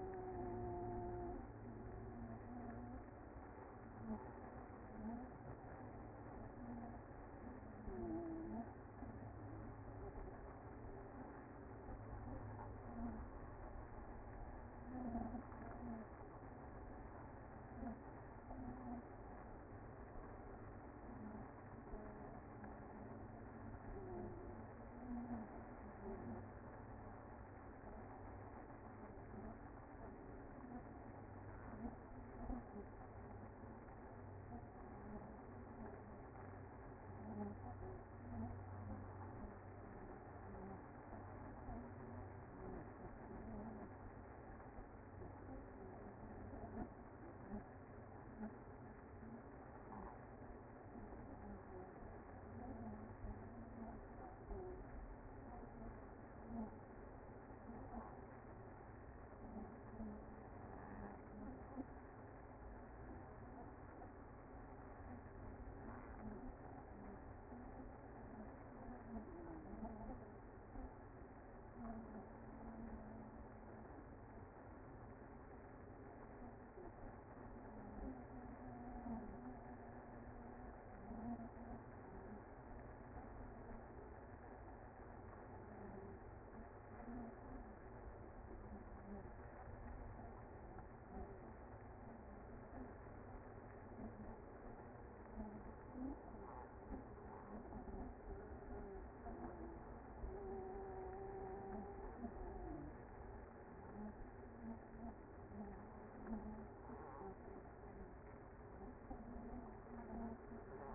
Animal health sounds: honeybee colony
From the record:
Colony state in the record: active

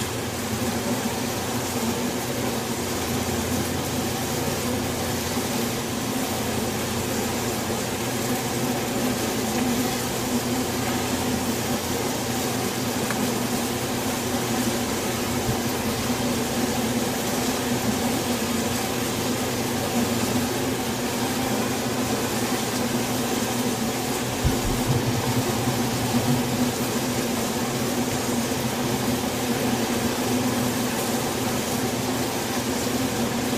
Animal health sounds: honeybee colony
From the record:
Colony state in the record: swarm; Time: day

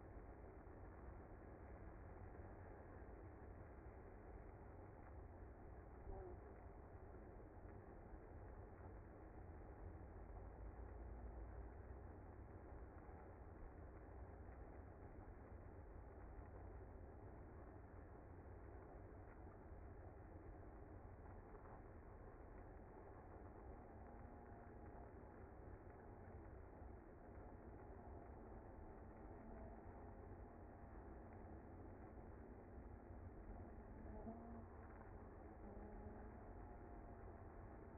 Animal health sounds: honeybee colony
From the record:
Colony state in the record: active

